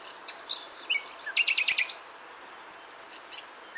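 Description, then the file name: Common nightingale song fragment: a quick burst of rapidly repeated high notes among scattered chirps, over steady background noise. "Luscinia megarhynchos"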